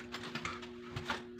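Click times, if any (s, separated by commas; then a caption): none. Handling sounds come from the center hub of an Akeeva Luxury Space Saver foldable crib frame, which is being pushed down after the side rails are locked so the frame locks properly. Soft, irregular tapping and rustling play over a steady low hum, with brief knocks around 0.5 s and 1.1 s. Nothing has seated or locked yet.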